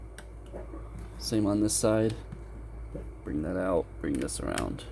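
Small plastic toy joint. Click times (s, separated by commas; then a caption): 0.2 s. A plastic toy wing assembly on a Transformers Siege Jetfire is folded down onto the body and locks into place with a single plastic click at 0.2 s. Someone talks while moving the parts on the other side, with a softer handling sound near 3.0 s.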